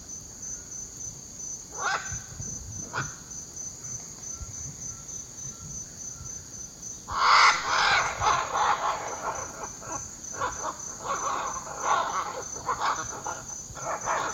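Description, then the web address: Scarlet macaw calls: two short rasps early, then a burst of loud, harsh squawks followed by a ragged run of rougher calls, with continuous high insect whine behind. Eastern lowlands of South America. "Natures Songs S America Eastern Lowlands. Scarlet Macaw"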